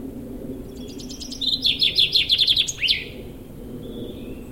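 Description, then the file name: Common chaffinch song: a series of bright, descending notes ending in a brisk flourish, over a low steady background hum. "Fringilla coelebs"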